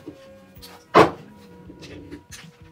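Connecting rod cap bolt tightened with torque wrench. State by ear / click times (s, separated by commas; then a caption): torque reached / 1.0 s. A connecting rod cap bolt on a Triumph TR4 engine rebuild, greased and first run in gently with a ratchet, is tightened with a torque wrench and the correct socket, following a stated sequence of 76 then 83. Low, quiet background sounds lead up to a single loud, short click at 1.0 s as the torque wrench reaches its setting, followed by a few faint knocks.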